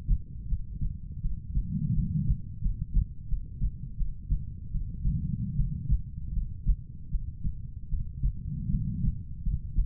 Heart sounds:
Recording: heart sounds by stethoscope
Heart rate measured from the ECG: 80 bpm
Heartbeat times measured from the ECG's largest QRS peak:
0.47 s: heartbeat
1.20 s: heartbeat
1.93 s: heartbeat
2.61 s: heartbeat
3.27 s: heartbeat
3.96 s: heartbeat
4.70 s: heartbeat
5.55 s: heartbeat
6.32 s: heartbeat
7.09 s: heartbeat
7.88 s: heartbeat
8.69 s: heartbeat
9.42 s: heartbeat
From the record:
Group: healthy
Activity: cold pressor test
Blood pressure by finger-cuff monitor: 120/68 mmHg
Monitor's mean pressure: 86 mmHg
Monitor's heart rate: 81 bpm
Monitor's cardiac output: 7.3 L/min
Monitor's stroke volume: 93 mL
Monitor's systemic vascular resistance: 850 dyn s/cm5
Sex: female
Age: 23 years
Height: 160 cm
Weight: 50.4 kg

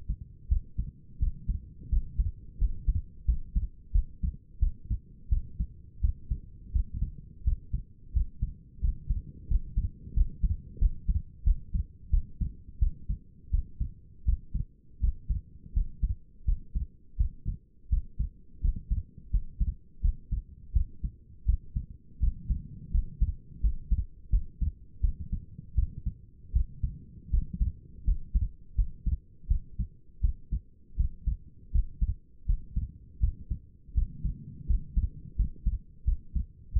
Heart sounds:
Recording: heart sounds by stethoscope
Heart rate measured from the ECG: 84 bpm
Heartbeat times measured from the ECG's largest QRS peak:
0.49 s: heartbeat
1.19 s: heartbeat
1.90 s: heartbeat
2.58 s: heartbeat
3.26 s: heartbeat
3.92 s: heartbeat
4.60 s: heartbeat
5.29 s: heartbeat
6.01 s: heartbeat
6.72 s: heartbeat
7.44 s: heartbeat
8.13 s: heartbeat
8.81 s: heartbeat
9.48 s: heartbeat
10.14 s: heartbeat
10.79 s: heartbeat
11.44 s: heartbeat
12.11 s: heartbeat
12.79 s: heartbeat
13.51 s: heartbeat
14.25 s: heartbeat
15.00 s: heartbeat
15.73 s: heartbeat
16.45 s: heartbeat
17.17 s: heartbeat
17.90 s: heartbeat
18.61 s: heartbeat
19.31 s: heartbeat
20.02 s: heartbeat
20.73 s: heartbeat
21.46 s: heartbeat
22.20 s: heartbeat
22.91 s: heartbeat
23.61 s: heartbeat
24.30 s: heartbeat
25.01 s: heartbeat
25.75 s: heartbeat
26.53 s: heartbeat
27.31 s: heartbeat
28.05 s: heartbeat
28.75 s: heartbeat
29.48 s: heartbeat
30.21 s: heartbeat
30.97 s: heartbeat
31.72 s: heartbeat
32.46 s: heartbeat
33.20 s: heartbeat
33.94 s: heartbeat
34.67 s: heartbeat
35.36 s: heartbeat
36.05 s: heartbeat
36.73 s: heartbeat
From the record:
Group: healthy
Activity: rest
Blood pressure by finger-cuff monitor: 115/74 mmHg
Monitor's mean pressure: 89 mmHg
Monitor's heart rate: 84 bpm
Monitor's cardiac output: 6.1 L/min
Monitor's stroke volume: 72 mL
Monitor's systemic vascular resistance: 1050 dyn s/cm5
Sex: female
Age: 37 years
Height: 168 cm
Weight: 70 kg

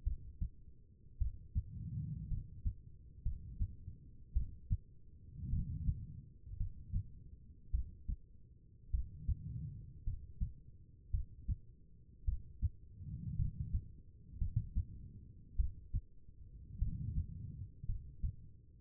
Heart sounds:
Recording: heart sounds by stethoscope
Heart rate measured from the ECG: 54 bpm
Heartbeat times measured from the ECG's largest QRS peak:
0.04 s: heartbeat
1.18 s: heartbeat
2.28 s: heartbeat
3.23 s: heartbeat
4.33 s: heartbeat
5.50 s: heartbeat
6.57 s: heartbeat
7.71 s: heartbeat
8.91 s: heartbeat
10.04 s: heartbeat
11.11 s: heartbeat
12.25 s: heartbeat
13.36 s: heartbeat
14.38 s: heartbeat
15.56 s: heartbeat
16.79 s: heartbeat
17.86 s: heartbeat
From the record:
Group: healthy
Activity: rest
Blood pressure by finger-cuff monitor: 83/55 mmHg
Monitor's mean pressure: 64 mmHg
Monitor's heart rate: 54 bpm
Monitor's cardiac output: 4.1 L/min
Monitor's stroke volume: 76 mL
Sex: female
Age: 36 years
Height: 163 cm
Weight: 88 kg

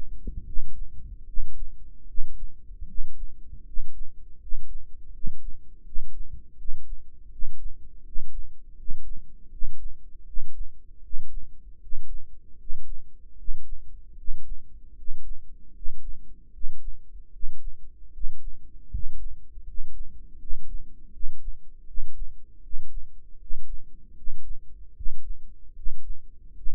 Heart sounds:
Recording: heart sounds by microphone in the right ear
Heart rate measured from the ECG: 78 bpm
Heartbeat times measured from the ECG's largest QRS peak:
0.44 s: heartbeat
1.25 s: heartbeat
2.06 s: heartbeat
2.86 s: heartbeat
3.65 s: heartbeat
4.39 s: heartbeat
5.11 s: heartbeat
5.84 s: heartbeat
6.57 s: heartbeat
7.30 s: heartbeat
8.03 s: heartbeat
8.76 s: heartbeat
9.50 s: heartbeat
10.25 s: heartbeat
11.02 s: heartbeat
11.79 s: heartbeat
12.57 s: heartbeat
13.36 s: heartbeat
14.16 s: heartbeat
14.95 s: heartbeat
15.72 s: heartbeat
16.51 s: heartbeat
17.31 s: heartbeat
18.11 s: heartbeat
18.90 s: heartbeat
19.64 s: heartbeat
20.38 s: heartbeat
21.11 s: heartbeat
21.85 s: heartbeat
22.61 s: heartbeat
23.38 s: heartbeat
24.14 s: heartbeat
24.94 s: heartbeat
25.74 s: heartbeat
26.54 s: heartbeat
From the record:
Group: healthy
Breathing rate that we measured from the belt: 15 breaths a minute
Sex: male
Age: 35 years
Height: 180 cm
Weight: 86.9 kg

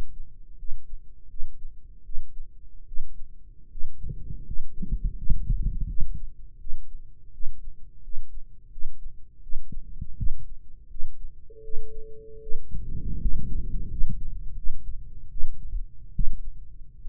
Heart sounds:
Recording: heart sounds by microphone in the right ear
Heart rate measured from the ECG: 80 bpm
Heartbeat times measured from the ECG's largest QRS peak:
0.55 s: heartbeat
1.27 s: heartbeat
2.02 s: heartbeat
2.84 s: heartbeat
3.68 s: heartbeat
4.43 s: heartbeat
5.14 s: heartbeat
5.85 s: heartbeat
6.57 s: heartbeat
7.30 s: heartbeat
8.00 s: heartbeat
8.69 s: heartbeat
9.40 s: heartbeat
10.15 s: heartbeat
10.87 s: heartbeat
11.61 s: heartbeat
12.39 s: heartbeat
13.18 s: heartbeat
13.87 s: heartbeat
14.54 s: heartbeat
15.28 s: heartbeat
16.11 s: heartbeat
16.98 s: heartbeat
From the record:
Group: healthy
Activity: rest 0-11 s, Valsalva maneuver 11-17 s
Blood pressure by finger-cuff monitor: 159/96 mmHg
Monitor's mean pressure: 119 mmHg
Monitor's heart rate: 82 bpm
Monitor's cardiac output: 6.8 L/min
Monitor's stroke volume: 84 mL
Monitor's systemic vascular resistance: 1290 dyn s/cm5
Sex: male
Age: 21 years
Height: 180 cm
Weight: 67.5 kg

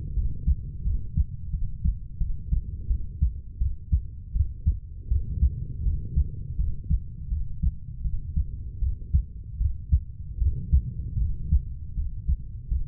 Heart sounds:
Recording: heart sounds by stethoscope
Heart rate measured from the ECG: 81 bpm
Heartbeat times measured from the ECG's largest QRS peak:
0.15 s: heartbeat
0.84 s: heartbeat
1.51 s: heartbeat
2.18 s: heartbeat
2.88 s: heartbeat
3.59 s: heartbeat
4.33 s: heartbeat
5.09 s: heartbeat
5.83 s: heartbeat
6.57 s: heartbeat
7.29 s: heartbeat
8.02 s: heartbeat
8.80 s: heartbeat
9.58 s: heartbeat
10.39 s: heartbeat
11.18 s: heartbeat
11.95 s: heartbeat
12.69 s: heartbeat
From the record:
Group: healthy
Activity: cold pressor test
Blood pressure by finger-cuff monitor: 116/45 mmHg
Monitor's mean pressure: 74 mmHg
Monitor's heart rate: 79 bpm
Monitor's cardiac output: 10.3 L/min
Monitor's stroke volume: 133 mL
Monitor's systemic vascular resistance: 490 dyn s/cm5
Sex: female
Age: 32 years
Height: 168 cm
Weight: 61.9 kg

